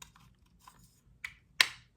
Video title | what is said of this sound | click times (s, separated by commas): WEEKLY PICKUPS 7/19/24 🔥 THA INFAMOUS HODGE PODGE OF PICKUPS 🔥 | hear that click we all love the click that means it's secure | 1.6 s